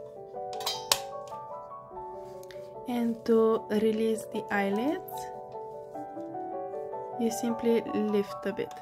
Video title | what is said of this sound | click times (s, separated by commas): Unboxing and assembly of my first Pullip doll - MIO Kit | you should push until it clicks | 0.9 s